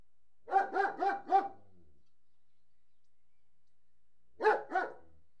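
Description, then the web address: German Shepherd barking: a rapid run of four deep, harsh barks, a pause of about three seconds, then two more barks; otherwise quiet. Large Alsatian barking indoors. "BBC Sound Effects Library. Large Alsatian - Barking"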